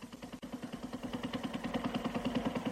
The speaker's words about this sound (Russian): Слышишь? Слышу. А вдруг моторка? Вполне. Непонятно, с какой стороны. Молчи. Откуда? Вот она. Из-за острова мчится куда-то в сторону.